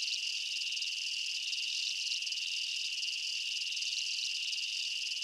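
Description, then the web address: Insects chirp in a thick high chorus, a constant trilling wash of sound with slight rhythmic flutter and nothing else distinct. Insect chirps recorded as a night jungle ambience. "Blastwave INSECTS Amb Night Jungle. ambience insects chirps night jungle bugs"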